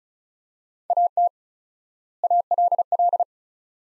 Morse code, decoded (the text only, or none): AT ALL